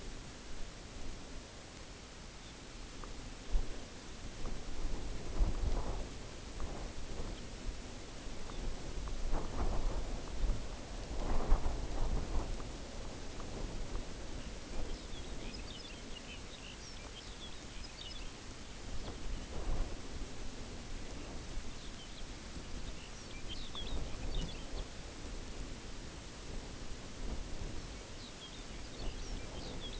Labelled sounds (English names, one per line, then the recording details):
Lapland Longspur
unidentified sound
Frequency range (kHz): Lapland Longspur 1.5-7.1 kHz
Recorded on Arctic tundra, site UTQI-0, on 14 June 2019
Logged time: 14:00